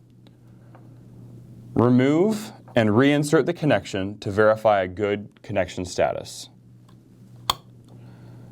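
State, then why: Seated. A four-pin Deutsch power connector is removed and pushed back into the display base module port to verify a good connection. Someone talks, then a single sharp, loud click sounds at 7.5 s as the connector seats fully.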